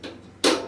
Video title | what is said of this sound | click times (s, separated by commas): Home Made 4WD Mini Trophy Truck Build - Part 22 | that's four wheel drive that's two wheel drive it's locks in place and it's not going to accidentally you know move or anything | 0.4 s